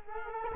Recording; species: mosquito wingbeat signal from an infrared sensor; Culex quinquefasciatus